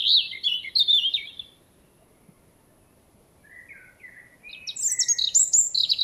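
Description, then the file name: European robin with liquid, high-pitched warbling phrases, a quiet gap, then lower thin whistles followed by higher, brighter phrases, light background hiss. "Erithacus rubecula"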